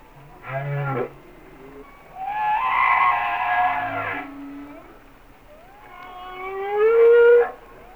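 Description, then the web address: Humpback whale song with a low groan, a long rich harmonic wail and a rising, bending moan near the end. "Natures Songs Whale Songs Sounds of Nature - Humpback Whales"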